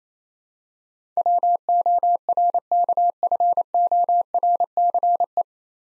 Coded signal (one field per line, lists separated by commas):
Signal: Morse code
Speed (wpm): 28 wpm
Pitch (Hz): 700 Hz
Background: none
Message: WORKFORCE